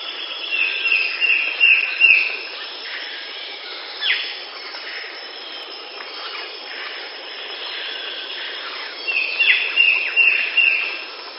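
Bird calls, bursts of quick chattering notes at the start and end, with a single sharp descending note in the middle and a soft background hiss.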